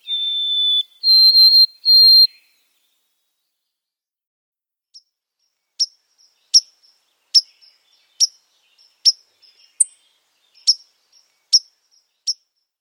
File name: White throated Sparrow